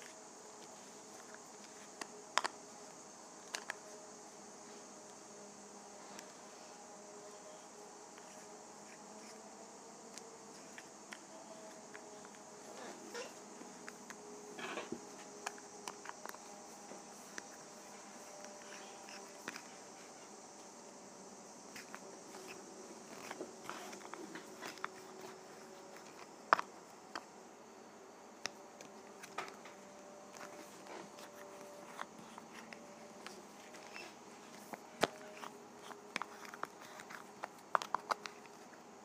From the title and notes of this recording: ASMR Lip Gloss Container.